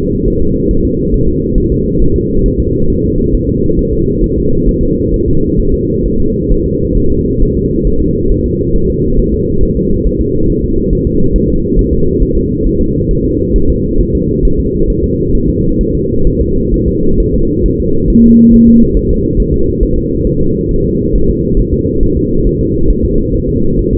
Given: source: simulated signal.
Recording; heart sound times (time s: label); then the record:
fetal heart sounds
0.28 s: S1
0.42 s: S2
0.71 s: S1
0.85 s: S2
1.14 s: S1
1.28 s: S2
1.58 s: S1
1.72 s: S2
2.02 s: S1
2.16 s: S2
2.46 s: S1
2.60 s: S2
2.90 s: S1
3.04 s: S2
3.35 s: S1
3.49 s: S2
3.79 s: S1
3.93 s: S2
4.24 s: S1
4.38 s: S2
4.69 s: S1
4.83 s: S2
5.14 s: S1
5.28 s: S2
5.60 s: S1
5.74 s: S2
6.06 s: S1
6.20 s: S2
6.52 s: S1
6.66 s: S2
6.97 s: S1
7.12 s: S2
7.43 s: S1
7.57 s: S2
7.87 s: S1
8.02 s: S2
8.32 s: S1
8.46 s: S2
8.76 s: S1
8.90 s: S2
9.20 s: S1
9.34 s: S2
9.63 s: S1
9.77 s: S2
10.07 s: S1
10.21 s: S2
10.50 s: S1
10.64 s: S2
10.93 s: S1
11.07 s: S2
11.36 s: S1
11.50 s: S2
11.79 s: S1
11.93 s: S2
12.23 s: S1
12.37 s: S2
12.67 s: S1
12.81 s: S2
13.11 s: S1
13.25 s: S2
13.56 s: S1
13.70 s: S2
14.01 s: S1
14.15 s: S2
14.45 s: S1
14.59 s: S2
14.90 s: S1
15.04 s: S2
15.35 s: S1
15.49 s: S2
15.81 s: S1
15.95 s: S2
16.27 s: S1
16.41 s: S2
16.74 s: S1
16.88 s: S2
17.20 s: S1
17.34 s: S2
17.66 s: S1
17.80 s: S2
18.10 s: S1
18.24 s: S2
18.54 s: S1
18.68 s: S2
18.97 s: S1
19.11 s: S2
19.40 s: S1
19.54 s: S2
19.83 s: S1
19.97 s: S2
20.27 s: S1
20.41 s: S2
20.71 s: S1
20.85 s: S2
21.15 s: S1
21.30 s: S2
21.59 s: S1
21.74 s: S2
22.03 s: S1
22.17 s: S2
22.47 s: S1
22.61 s: S2
22.91 s: S1
23.05 s: S2
23.35 s: S1
23.49 s: S2
23.79 s: S1
23.93 s: S2
From the record:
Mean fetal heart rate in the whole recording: 135 bpm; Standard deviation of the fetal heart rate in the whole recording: 3 bpm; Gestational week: 36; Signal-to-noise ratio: -16.4 dB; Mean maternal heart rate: 72 bpm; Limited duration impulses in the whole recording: present